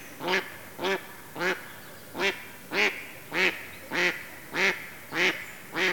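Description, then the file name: Mallard calling with ten evenly spaced harsh quacks, about one every 0.6 seconds, steady and regular throughout. "Digiffects Sound Effects Library - Mallard Duck Quacking"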